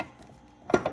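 A torque converter, held top and bottom, is pushed onto an automatic transmission's input shaft and pump. Its splines click at 0.0 s and 0.75 s, with another short knock just after at about 0.86 s. These are the first one or two of three expected spline clicks, so the converter is only partly engaged and not yet fully home.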